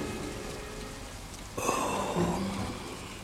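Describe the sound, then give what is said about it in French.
Steady patter of rain on a zinc roof, a dense wash of tapping drops that swells a little louder partway through, with no voices. “On entendait des gouttes de pluie sur le zinc.”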